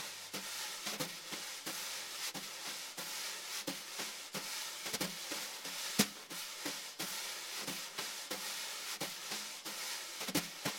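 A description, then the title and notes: Brushes sweep and tap a snare in a steady hissing swish, with regular soft accents about twice a second and a sharper hit near six seconds. Snare Brushes | Doug Yowell | Bluebird High Pass. Bluebird High Pass by Blue Microphones.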